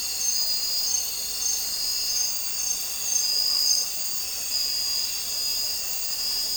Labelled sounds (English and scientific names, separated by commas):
none